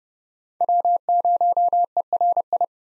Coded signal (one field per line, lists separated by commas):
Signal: Morse code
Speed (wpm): 30 wpm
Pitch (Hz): 700 Hz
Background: none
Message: W0ERI